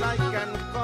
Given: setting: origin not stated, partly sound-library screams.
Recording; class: one-second piece from a danger detection set; normal situation